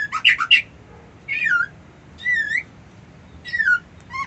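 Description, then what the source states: White-eye song: high phrases of rising and falling whistles and short trills, in several short bursts. Song delivered in the style called ngerol ngalas.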